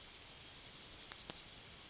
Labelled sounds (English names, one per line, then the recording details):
Yellowhammer song
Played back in forest
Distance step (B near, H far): B
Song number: 023